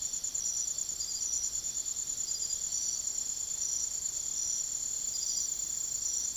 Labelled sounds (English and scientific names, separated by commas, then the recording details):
none
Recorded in secondary vegetation near Puerto Asís, Putumayo, Colombia, on 22 June 2025 at 04:30
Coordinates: 0.489, -76.322
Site G021